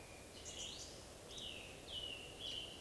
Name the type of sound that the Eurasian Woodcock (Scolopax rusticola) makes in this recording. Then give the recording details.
whistle. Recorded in Baden-Württemberg, Germany, on 11 June 2020 at 19:54 UTC. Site 41501, 195 m above sea level